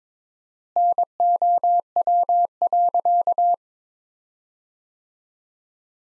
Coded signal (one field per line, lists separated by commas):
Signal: Morse code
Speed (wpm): 22 wpm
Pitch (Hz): 700 Hz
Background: none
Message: NOW.